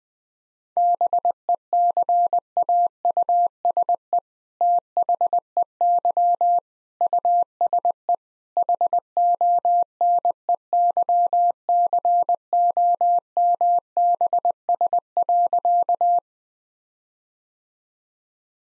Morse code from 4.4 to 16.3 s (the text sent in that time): THEY USE HONEYCOMBS.